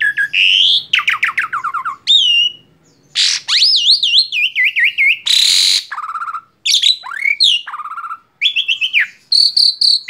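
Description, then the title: Asian pied starling pouring out a loud, varied song of rapid descending chatter, warbled whistles and one harsh noisy burst, with brief pauses. Masteran, a training recording for cage birds. "Masteran Jalak Suren"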